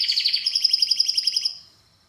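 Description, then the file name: Canary giving a short fast trill of many evenly spaced notes, lasting about a second and a half before fading out. "Canary Singing"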